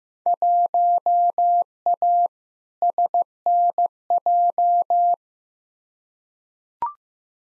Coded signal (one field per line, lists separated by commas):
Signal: Morse code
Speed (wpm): 15 wpm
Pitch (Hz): 700 Hz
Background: none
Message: 1A SNJ